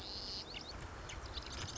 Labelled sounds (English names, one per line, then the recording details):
Marsh Wren
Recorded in Sonoma County, California